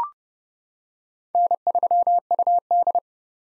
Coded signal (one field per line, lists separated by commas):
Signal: Morse code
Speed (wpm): 32 wpm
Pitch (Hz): 700 Hz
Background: none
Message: N3UD